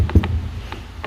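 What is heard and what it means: The clutch lever on a Kings Dominator X winch is turned from freespool back to the engaged position, and the metal clutch dog clicks into the gearbox drum with sharp clicks at 0.1 s and 0.2 s. Further ticks follow at 0.7 s and 1.0 s over a low background rumble. The clutch is confirmed engaged.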